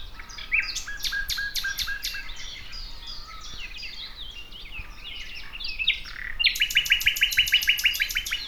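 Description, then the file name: Common nightingale singing rich, varied phrases: rapid repeated clicking notes, softer warbles, then a loud, fast series of repeated piping notes toward the end. "Luscinia megarhynchos"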